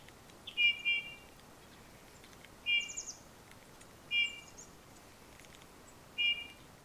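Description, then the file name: Eurasian bullfinch calls: soft whistled notes given singly at roughly two-second intervals. "Pyrrhula pyrrhula"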